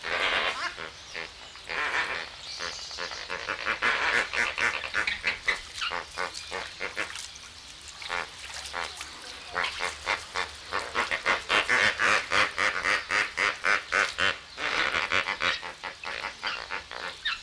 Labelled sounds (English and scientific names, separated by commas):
Lesser Flamingo (Phoeniconaias minor)